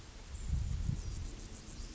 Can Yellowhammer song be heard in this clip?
no